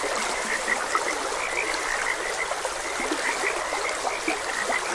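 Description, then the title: Frogs croaking in a steady chorus of short, bright notes repeating over a constant rush of flowing water. Frogs croaking beside a gentle stream. "Gentle Stream and Frogs Croaking"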